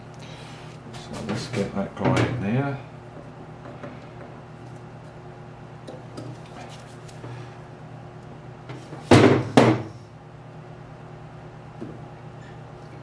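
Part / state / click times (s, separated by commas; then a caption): piston pin retaining circlip into piston pin bore groove / not seated / none. A steel piston pin retaining circlip is worked toward the groove in an aluminium piston's pin bore to hold the wrist pin. Someone talks over scraping handling noises, with two loud, sharp knocks around 9.1 and 9.6 seconds. Nothing has seated or clicked yet; the circlip is not yet home when the clip ends.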